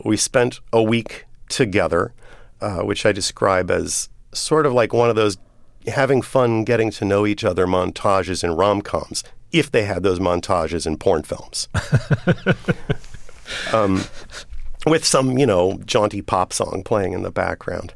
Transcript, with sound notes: We spent a week together, which I describe as sort of like one of those having-fun, getting-to-know-each-other montages in rom-coms, if they had those montages in porn films... (Laughter) ...With some, you know, jaunty pop song playing in the background.